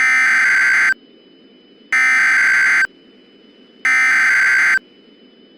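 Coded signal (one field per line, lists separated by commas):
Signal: Emergency Alert System (SAME) tones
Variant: header bursts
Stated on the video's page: Mock tornado emergency, not a real alert, containing valid tones.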